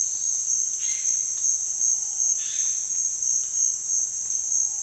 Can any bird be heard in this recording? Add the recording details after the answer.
yes. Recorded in dense forest near Puerto Asís, Putumayo, Colombia, on 29 June 2025 at 16:00. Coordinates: 0.466, -76.327. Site GP04